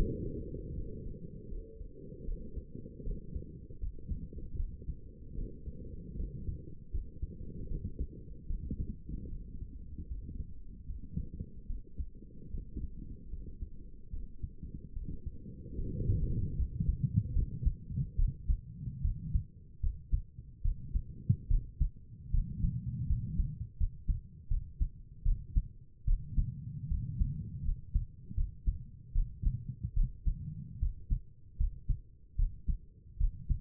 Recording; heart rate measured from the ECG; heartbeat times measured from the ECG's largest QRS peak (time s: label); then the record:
heart sounds by stethoscope; 76 bpm
0.75 s: heartbeat
1.49 s: heartbeat
2.26 s: heartbeat
3.04 s: heartbeat
3.80 s: heartbeat
4.57 s: heartbeat
5.36 s: heartbeat
6.17 s: heartbeat
6.92 s: heartbeat
7.69 s: heartbeat
8.48 s: heartbeat
9.30 s: heartbeat
10.09 s: heartbeat
10.88 s: heartbeat
11.68 s: heartbeat
12.52 s: heartbeat
13.31 s: heartbeat
14.11 s: heartbeat
14.94 s: heartbeat
15.77 s: heartbeat
16.57 s: heartbeat
17.34 s: heartbeat
18.17 s: heartbeat
19.03 s: heartbeat
19.81 s: heartbeat
20.63 s: heartbeat
21.49 s: heartbeat
22.32 s: heartbeat
23.08 s: heartbeat
23.78 s: heartbeat
24.49 s: heartbeat
25.24 s: heartbeat
26.06 s: heartbeat
26.89 s: heartbeat
27.64 s: heartbeat
28.36 s: heartbeat
29.14 s: heartbeat
29.95 s: heartbeat
30.81 s: heartbeat
31.58 s: heartbeat
32.37 s: heartbeat
33.19 s: heartbeat
From the record:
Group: healthy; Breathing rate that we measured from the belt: 15 breaths a minute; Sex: female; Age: 22 years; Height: 163 cm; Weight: 67.1 kg